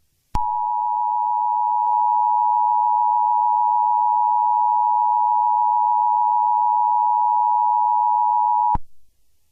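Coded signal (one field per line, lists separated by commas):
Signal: Emergency Alert System (SAME) tones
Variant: 853 and 960 Hz attention tone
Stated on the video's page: Fictional EAS scenario using valid EAS tones.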